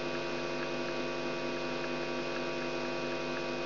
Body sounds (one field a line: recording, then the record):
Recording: brain microelectrode recording played as sound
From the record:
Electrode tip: outside the subthalamic nucleus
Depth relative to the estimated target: -8 mm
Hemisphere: right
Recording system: AlphaMap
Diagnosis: Parkinson's disease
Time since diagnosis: 17 years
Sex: female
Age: 63 years